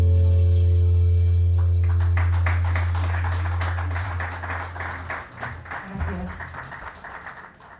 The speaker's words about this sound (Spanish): Sí, amigos, esos aplausos eran a la maravillosa interpretación que tuvimos.